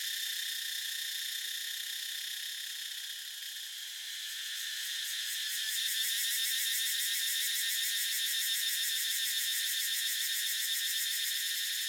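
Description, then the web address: Cicada chorus, a loud high buzz that dips slightly midway then swells into a rapidly pulsing throb. Cicada chorus recorded in a jungle in Thailand in the morning. "justsoundeffects - Crickets and Cicadas JSE Cicada Ambience Morning Jungle Thailand"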